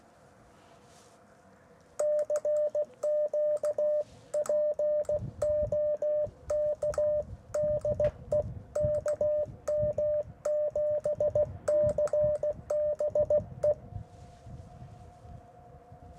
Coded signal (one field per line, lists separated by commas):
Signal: Morse code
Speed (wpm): 16 wpm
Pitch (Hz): 600 Hz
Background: radio noise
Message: CQ POK DE KM7CBE